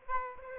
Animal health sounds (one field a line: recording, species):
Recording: mosquito wingbeat signal from an infrared sensor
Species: Aedes aegypti